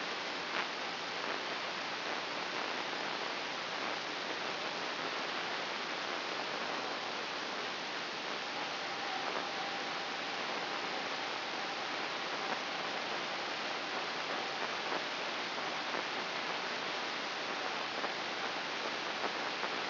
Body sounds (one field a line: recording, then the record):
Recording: brain microelectrode recording played as sound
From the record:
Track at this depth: inside the subthalamic nucleus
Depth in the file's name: 5.536 mm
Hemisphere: right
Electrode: 2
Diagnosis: Parkinson's disease